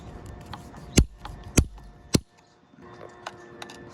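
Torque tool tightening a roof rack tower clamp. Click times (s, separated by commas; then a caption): 1.0 s, 1.6 s, 2.2 s. The included torque tool tightens a Yakima roof rack tower clamp on a Hyundai Veloster N, giving three sharp clicks at 1.0, 1.6 and 2.2 seconds. Two fainter ticks follow at about 3.3 and 3.6 seconds over low background noise. The tool clicks the required three times, so the tower is tightened.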